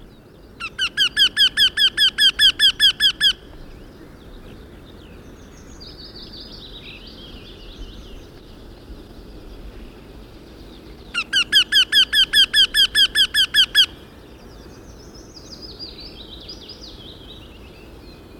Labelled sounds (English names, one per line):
Eurasian Wryneck call